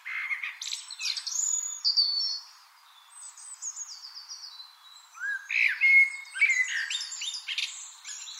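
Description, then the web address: Eurasian blackbird song: warbled phrase with high squeaky twitters, a softer stretch of thin notes, then a louder fluted phrase and chattering flourish. "SETE data Turdus merula"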